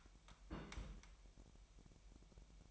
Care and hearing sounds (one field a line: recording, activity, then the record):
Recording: daily activity, microphone in the room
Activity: place on stove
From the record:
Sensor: 1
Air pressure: 1002.0 hPa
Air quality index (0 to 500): 245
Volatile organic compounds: 49 ppm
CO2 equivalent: 3289 ppm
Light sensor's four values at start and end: 5/12/5/6 and 5/12/5/6